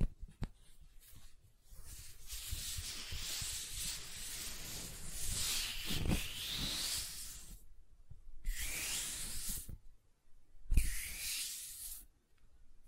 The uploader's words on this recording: ASMR Gentle Silicon Sounds for Sleep (No Talking).